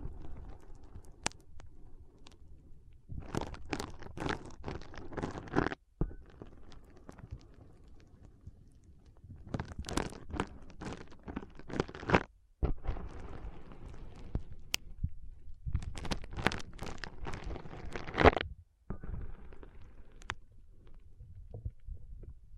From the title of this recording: ASMR Powerful Foam Brain Massage